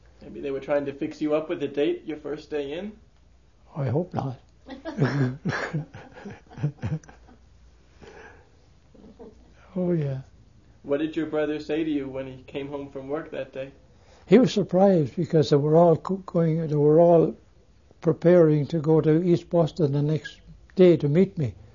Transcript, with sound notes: Maybe they were trying to fix you up with a date your first day in?
I hope not. (They laugh.) Oh, yeah.
What did your brother say to you when he came home from work that day?
He was surprised because they were all, they were all preparing to go to East Boston the next day to meet me.